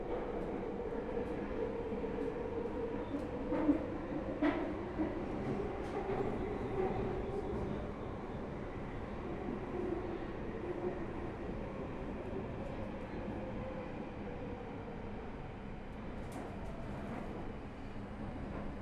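An empty Underground train rumbles steadily along, its low drone joined by a few sharp clicks and squeals in the first half and around sixteen seconds.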